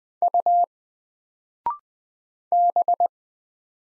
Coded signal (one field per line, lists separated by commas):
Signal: Morse code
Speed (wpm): 20 wpm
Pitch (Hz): 700 Hz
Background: none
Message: U B